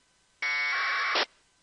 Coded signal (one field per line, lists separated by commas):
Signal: packet radio (AX.25, as in APRS)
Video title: Using AFSK1200 Decoder for Radio Propagation